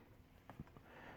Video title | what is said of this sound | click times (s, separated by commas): Marvel Legends Strong Guy BAF Wave X-Factor Review - Strong Guy Guido Carosella Action Figure | Just slam it right into that socket. Make sure you hear that nice little click. | 0.5 s